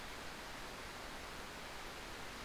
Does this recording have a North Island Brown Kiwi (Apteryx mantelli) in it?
no